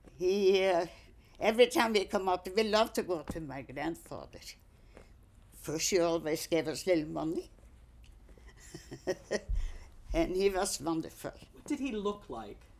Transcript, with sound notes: He, uh, every time we come out, we love to go to my grandfather. First, he always gave us a little money. ( she laughs ) And he was wonderful.
What did he look like?